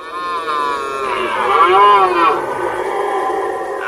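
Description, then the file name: Red deer roaring, a long harmonic bellow that wavers and swells in the middle, then continues rougher. Red deer roaring during the rut. "rykowisko"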